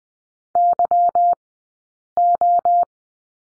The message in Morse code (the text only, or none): YO